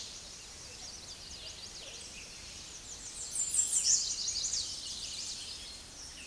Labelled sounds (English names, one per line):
American Redstart song